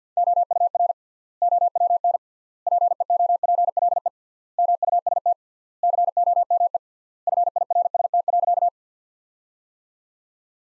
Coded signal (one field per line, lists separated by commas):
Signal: Morse code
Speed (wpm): 50 wpm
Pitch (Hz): 700 Hz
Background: none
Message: OUR OWN PEOPLE MUST COME FIRST.